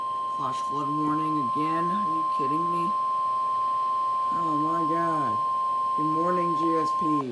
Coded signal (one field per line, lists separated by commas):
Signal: Emergency Alert System (SAME) tones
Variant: 1050 Hz attention tone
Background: speech